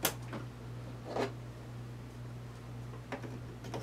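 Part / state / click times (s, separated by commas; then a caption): memory module into motherboard DIMM slot / seated / 0.0 s. A DDR3 memory stick is pushed down into a motherboard DIMM slot until its retention latches snap shut, giving a sharp click at 0.1 s. This is the second click, and the module is seated. A softer knock follows around 1.2 s, then further short clicks at 3.1 s and 3.9 s over a steady low hum.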